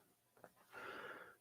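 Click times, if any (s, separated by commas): none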